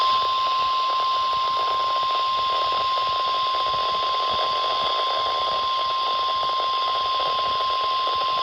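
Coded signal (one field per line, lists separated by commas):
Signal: Emergency Alert System (SAME) tones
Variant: 1050 Hz attention tone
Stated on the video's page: Required weekly tests from weather radio stations KHB38 and WXJ94.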